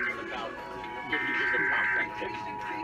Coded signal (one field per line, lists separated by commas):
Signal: Emergency Alert System (SAME) tones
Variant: header bursts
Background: speech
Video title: San Diego Required Monthly Tests (EAS #2725-2740) 10/7/20